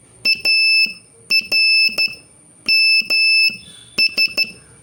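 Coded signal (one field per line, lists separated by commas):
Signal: Morse code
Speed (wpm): 12 wpm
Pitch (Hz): 2650 Hz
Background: none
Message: ARMS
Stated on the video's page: Beginner Morse practice drill adding R and K to earlier letters, sending three- and four-letter words.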